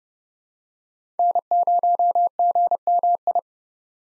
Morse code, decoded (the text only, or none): N0GMI